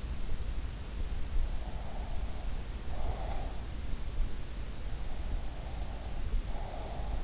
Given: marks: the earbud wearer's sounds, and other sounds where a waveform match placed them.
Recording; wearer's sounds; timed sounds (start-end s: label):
sounds in sleep by an in-ear microphone; breath
1.64-3.56 s: breath
5.42-7.24 s: breath